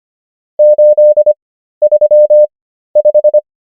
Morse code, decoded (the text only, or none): 835